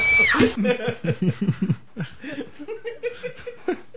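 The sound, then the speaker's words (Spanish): A person gives a short, high, falling meow in imitation of a cat, followed by a run of rhythmic, breathy laughter. “Al final de cualquier catástrofe de película, de que... el gato.”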